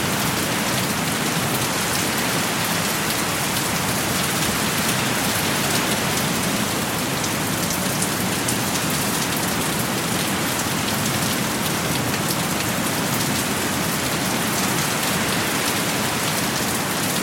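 Heavy rain pours down in a dense, unbroken hiss that holds the same level for the whole stretch. Countless drops patter on a hard surface, crisp and bright on top with a softer rush underneath, and no single event stands out.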